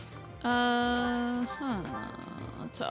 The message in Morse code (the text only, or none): none